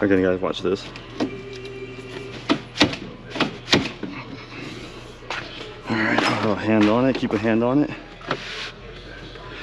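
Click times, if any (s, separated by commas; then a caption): none. Replacement door glass is lowered onto the window regulator's latch clips inside the front passenger door of a 2018 Ram Quad Cab pickup. Someone talks while several short, sharp knocks and taps sound. Nothing has clicked or latched yet: the glass does not seat into the clips, and one side stays unlatched.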